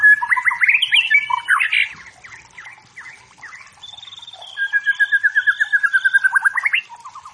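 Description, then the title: White-rumped shama song, varied rich whistles and chattering notes, then a steady run of rapid repeated whistled notes ending in an upward flourish. Wild forest white-rumped shama, used as training material for competition songbirds, meant to provoke and build fighting spirit in caged birds. "Masteran Murai. Murai Batu Hutan"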